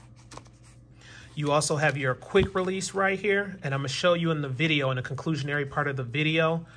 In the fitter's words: change that out if you want to, and just simply snaps back in place.